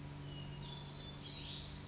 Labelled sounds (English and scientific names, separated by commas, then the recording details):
Brown Creeper (Certhia americana)
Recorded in Sonoma County, California